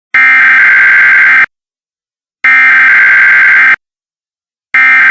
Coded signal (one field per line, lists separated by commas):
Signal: Emergency Alert System (SAME) tones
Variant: header bursts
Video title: EAS Stupid